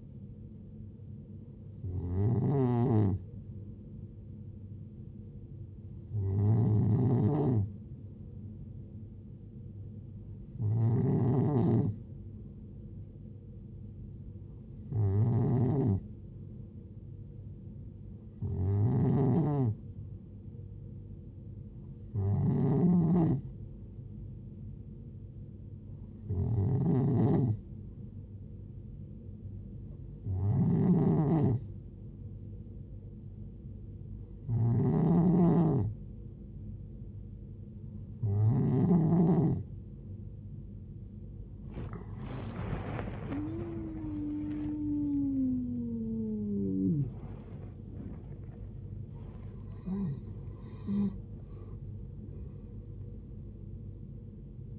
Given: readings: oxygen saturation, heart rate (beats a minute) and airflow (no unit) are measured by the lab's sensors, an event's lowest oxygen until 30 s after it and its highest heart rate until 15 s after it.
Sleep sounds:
breathing in sleep by a smartphone at the bedside; 1
25.00-45.10 s: hypopnea (N2, oxygen 92% highest, then 91% lowest)
From the record:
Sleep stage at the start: N2 (light sleep); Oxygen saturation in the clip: 91 to 93%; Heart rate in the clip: 66 to 93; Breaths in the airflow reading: 12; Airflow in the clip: -13.8 to 18.7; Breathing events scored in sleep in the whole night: 389 in 6.3 hours asleep

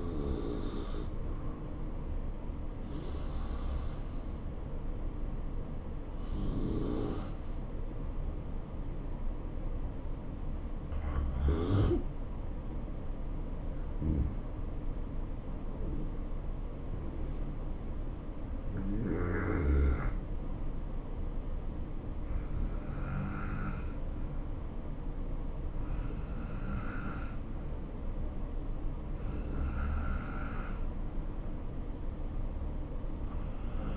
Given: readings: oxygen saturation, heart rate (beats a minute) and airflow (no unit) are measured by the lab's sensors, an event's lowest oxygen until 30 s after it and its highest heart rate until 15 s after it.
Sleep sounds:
breathing in sleep by a smartphone at the bedside; none
none scored
From the record:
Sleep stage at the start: N2 (light sleep); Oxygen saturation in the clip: 91 to 93%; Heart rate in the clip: 64 to 79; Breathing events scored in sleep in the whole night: 277 in 7.4 hours asleep

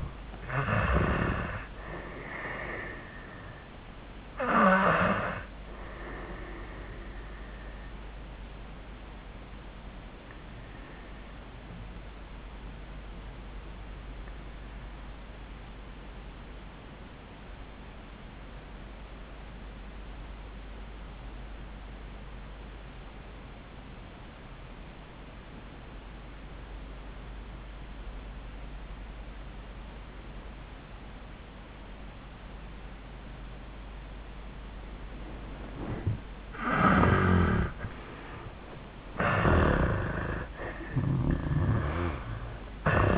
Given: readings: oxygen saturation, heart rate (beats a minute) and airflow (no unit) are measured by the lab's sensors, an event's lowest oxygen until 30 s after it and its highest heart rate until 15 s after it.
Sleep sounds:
breathing in sleep by a voice recorder at the bedside; 1
6.00-36.70 s: obstructive apnea (REM, oxygen 97% highest, then 78% lowest, heart rate 92 at the start, 97 highest)
26.00-43.18 s: new sleep stage, N1 (lightest sleep)
From the record:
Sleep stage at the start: REM sleep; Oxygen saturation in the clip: 81 to 97%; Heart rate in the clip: 83 to 96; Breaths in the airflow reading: 2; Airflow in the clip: -24.6 to 14.7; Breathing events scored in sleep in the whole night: 400 in 8.7 hours asleep

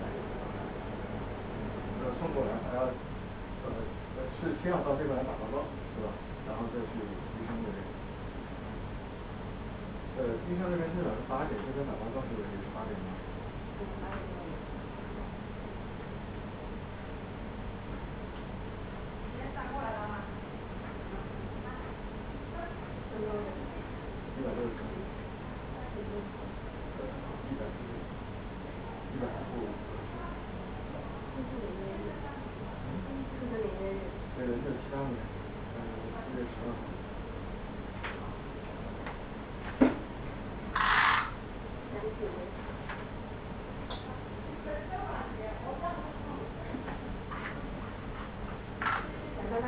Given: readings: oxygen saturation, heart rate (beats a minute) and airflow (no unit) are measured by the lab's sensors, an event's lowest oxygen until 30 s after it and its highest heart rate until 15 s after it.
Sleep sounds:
a person awake in a sleep study, by a voice recorder at the bedside; none
0.00-49.68 s: awake
0.00-49.68 s: awake
From the record:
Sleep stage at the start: awake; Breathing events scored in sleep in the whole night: 210 in 6.9 hours asleep

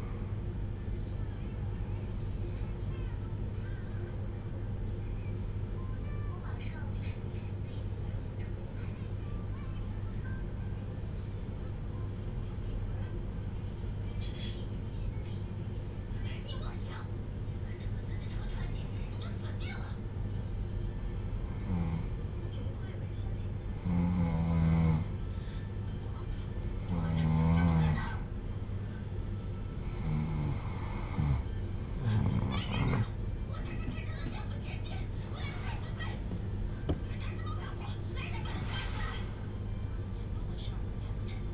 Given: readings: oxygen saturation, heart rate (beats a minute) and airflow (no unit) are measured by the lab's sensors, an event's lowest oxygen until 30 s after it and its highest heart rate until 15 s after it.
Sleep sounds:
breathing in sleep by a smartphone at the bedside; 1
3.00-32.80 s: hypopnea (N1, oxygen 95% highest, then 88% lowest)
From the record:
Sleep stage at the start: N1 (lightest sleep); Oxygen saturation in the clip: 87 to 95%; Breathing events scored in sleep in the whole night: 310 in 8.1 hours asleep

